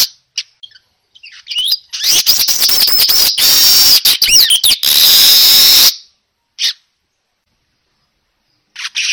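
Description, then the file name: Weaver-type song, high chirps leading into about four seconds of harsh, sizzling chatter with whistled squeaks, then short isolated notes. Lure sound for a weaver, described as gacor, meaning singing loudly and continuously. "Suara Pancingan Burung Manyar Gacor Dor"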